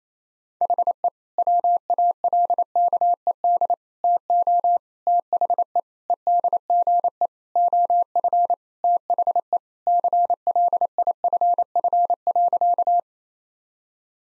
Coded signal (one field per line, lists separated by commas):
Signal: Morse code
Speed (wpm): 27 wpm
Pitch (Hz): 700 Hz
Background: none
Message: HE WALKED TO THE EDGE OF THE CLIFF.